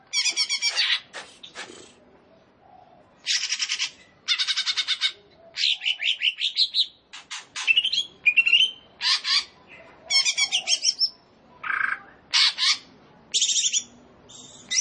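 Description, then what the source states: Leafbird delivering a fast, energetic medley of high rattles, buzzy bursts and warbled whistles, with short pauses between bursts. Described as gacor.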